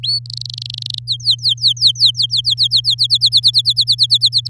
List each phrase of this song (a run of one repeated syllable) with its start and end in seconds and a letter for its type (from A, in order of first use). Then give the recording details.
0.03-0.19 A, 0.26-0.99 B, 1.07-2.95 C, 2.98-4.47 D. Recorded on 11 May 2018 at 05:45. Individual llb16